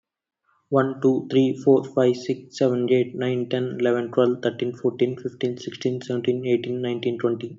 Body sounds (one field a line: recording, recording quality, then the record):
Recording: counting at a fast pace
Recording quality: excellent, no background noise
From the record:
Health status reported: healthy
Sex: male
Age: 24 years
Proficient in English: yes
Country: India